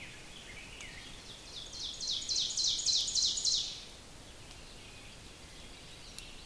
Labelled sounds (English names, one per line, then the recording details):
Ovenbird song
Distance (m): 35 m
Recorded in boreal forest in Alberta, Canada, on 5 June 2016 at 05:39
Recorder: SongMeter 3, array SBT-3-51
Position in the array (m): 271 m, 118 m
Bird 28